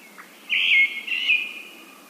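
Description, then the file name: Brown-headed thrush, a single drawn-out whistled note, loud at first then fading with a slight second swell. "akahara"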